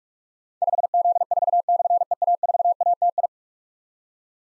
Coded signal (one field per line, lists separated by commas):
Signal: Morse code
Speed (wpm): 44 wpm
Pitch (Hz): 700 Hz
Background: none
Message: 5Z4/EA4ATI